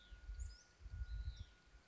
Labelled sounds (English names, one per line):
Hutton's Vireo